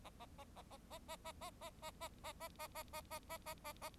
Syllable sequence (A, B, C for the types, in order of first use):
A A A A A A A A A A A A A A A A A A A A A A